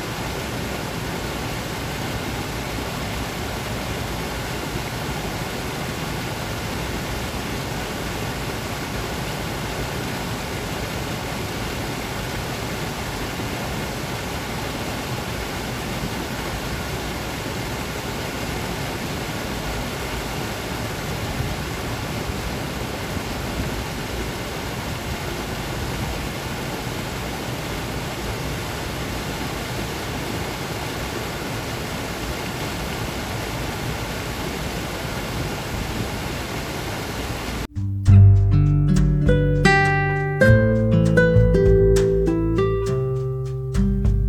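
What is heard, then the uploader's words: Water pouring over a weir makes a steady, dense hiss, much like loud television static, holding even and unchanging for about 37 seconds. Then it cuts abruptly to louder, separate musical notes over deep low thuds that continue to the end. Clarence Dock Down by The Weir. Listening to the river. Nearest to me though the loud, harsh noise of water flowing fast. A little like a louder version of the white noise that comes from an untuned television.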